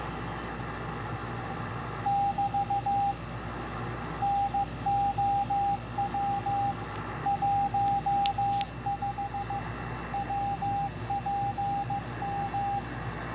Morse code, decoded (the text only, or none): <BT> NOW 15 WPM